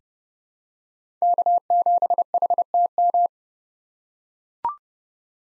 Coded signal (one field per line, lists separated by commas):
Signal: Morse code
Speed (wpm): 30 wpm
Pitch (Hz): 700 Hz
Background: none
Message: K7HTM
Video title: 2023 POTA Activator Call Signs - 30wpm